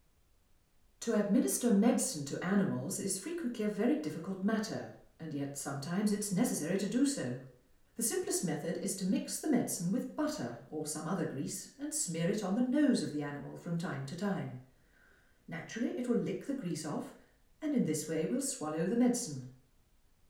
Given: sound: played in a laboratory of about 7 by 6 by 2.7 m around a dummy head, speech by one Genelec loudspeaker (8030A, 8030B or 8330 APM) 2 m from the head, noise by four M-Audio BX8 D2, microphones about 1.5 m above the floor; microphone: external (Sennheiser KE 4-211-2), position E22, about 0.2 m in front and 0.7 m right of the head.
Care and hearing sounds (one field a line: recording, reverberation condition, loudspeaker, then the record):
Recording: female speech in English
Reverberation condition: medium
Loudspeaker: 120 degrees to the left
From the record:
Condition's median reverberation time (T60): about 510 ms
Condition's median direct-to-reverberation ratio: about -0.5 dB